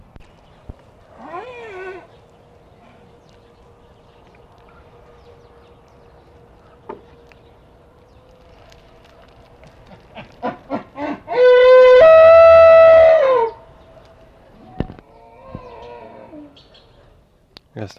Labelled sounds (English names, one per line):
Wapiti rut call